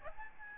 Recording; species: mosquito wingbeat signal from an infrared sensor; Aedes albopictus